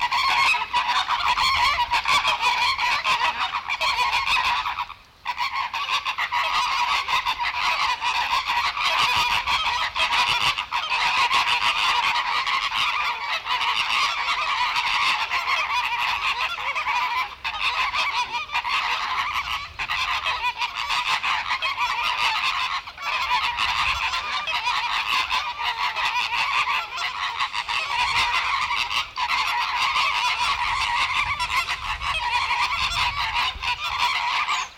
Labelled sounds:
American Flamingo (Phoenicopterus ruber) call
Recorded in captivity
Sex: diverse
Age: adult
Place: Zoo Berlin, Berlin, DE
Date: 1994-01-15 10:27
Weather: wechselnd wolkig, +5 °C
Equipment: Marantz CP 430, Sennheiser MKH 416 T, Kopie Uher Variocord 263
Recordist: Tembrock, Günter

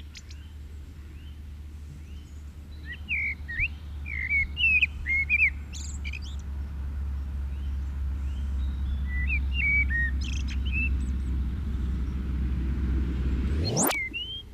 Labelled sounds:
Common Blackbird (Turdus merula) song
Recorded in the wild
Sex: male
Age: adult
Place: Garmisch-Partenkirchen, Bayern, DE
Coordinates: 47.4817, 11.24
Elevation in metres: 941
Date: 1969-04-11
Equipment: Uher 4000 Report, Sennheiser MKH 405
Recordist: Tretzel, Erwin

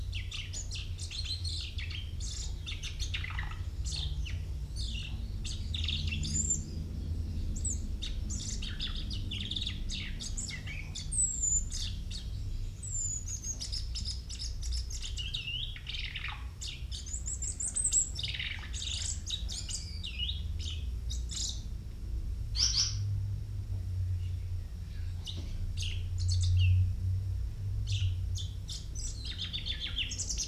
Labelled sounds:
Common Chaffinch (Fringilla coelebs)
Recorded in captivity
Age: adult
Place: Minden (Westfalen), Nordrhein-Westfalen, DE
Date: 1970
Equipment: Uher 4000 Report-S, Bändchenmikro Beyer M 260, Parabolspiegel Polyester (470 mm)
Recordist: Conrads, Klaus
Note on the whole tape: Buchfink (gekäfigt) imitiert Gouldamadinen; ungenaue Datumsangabe: März 1970. Angabe vom Autor: Minden, Ziegler

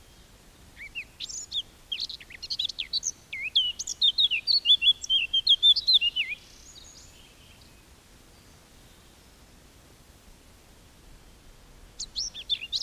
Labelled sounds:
Eurasian Blackcap (Sylvia atricapilla) song
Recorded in the wild
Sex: male
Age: adult
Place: Bielefeld-Senne, Teutoburger Wald, Nordrhein-Westfalen, DE
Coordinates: 51.9867, 8.545
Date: 1967-06-18
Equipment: Uher 4000 Report-S, Bändchenmikro Beyer M 260, Parabolspiegel Polyester (470 mm)
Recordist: Conrads, Klaus

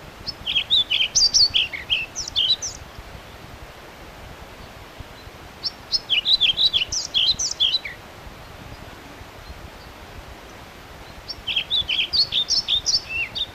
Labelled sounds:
European Pied Flycatcher (Ficedula hypoleuca) song
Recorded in the wild
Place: Fleisbach, DE
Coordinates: 50.6408, 8.30472
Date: 1964-05-09 18:00
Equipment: Uher Report 4000, AKG D190
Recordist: Krey, Winfried
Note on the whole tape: Gesang

